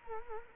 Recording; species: mosquito wingbeat signal from an infrared sensor; Culex quinquefasciatus